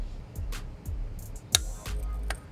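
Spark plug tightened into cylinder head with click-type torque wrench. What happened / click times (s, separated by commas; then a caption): The click-type torque wrench clicked at its set torque / 1.5 s. A spark plug is tightened into the aluminium cylinder head of a 2015 Honda Accord Hybrid with a click-type torque wrench set to the required torque, over background music. A sharp, short click rings out at 1.6 s, followed by a softer tick near 2.3 s. The wrench clicks at its setting, and the plug is torqued.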